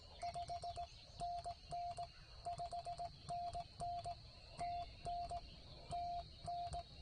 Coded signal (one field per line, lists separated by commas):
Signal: Morse code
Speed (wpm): 19 wpm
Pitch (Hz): 690 Hz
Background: none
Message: 5NN 5NN TN TN